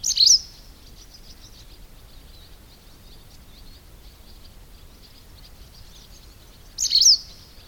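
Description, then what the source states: White wagtail calls: a sharp high chirp at the start and another near the end, with faint high twittering between. Spring.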